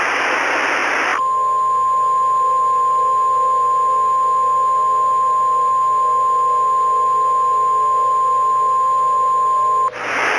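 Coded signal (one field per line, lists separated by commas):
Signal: Emergency Alert System (SAME) tones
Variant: 1050 Hz attention tone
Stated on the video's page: Fictional EAS scenario, a remastered simulated alert.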